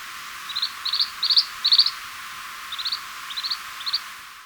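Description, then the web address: White-chinned thistletail song of quick, buzzy high notes clustered in short runs, louder early then softer, with a light background hiss. Recorded in Ecuador. "Birds of Ecuador 2. White-Chinned Thistletail"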